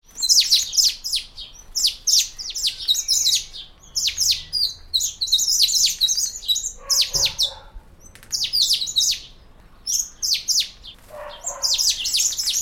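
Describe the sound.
Honeyeater calls: rapid high sharp chirps and chattering notes in bursts.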